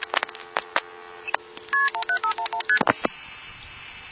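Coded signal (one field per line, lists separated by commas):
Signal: multi-frequency trunk signalling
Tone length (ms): 90 ms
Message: KP1511ST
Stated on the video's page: Vintage 1960s–1980s Bell System and GTE telephone network sounds, including 2600 Hz trunk tones, dial tones and busy signals.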